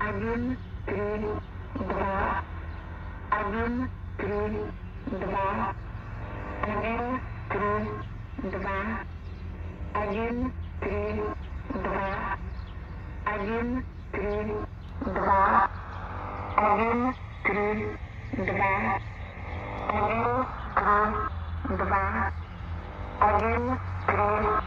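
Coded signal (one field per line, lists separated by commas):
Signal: numbers station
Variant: S06s Russian Lady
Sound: female voice reading short words at an even pace, over static and low hum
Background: radio static and hum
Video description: 10250 kHz AM - S06s "Russian Lady" Numbers Station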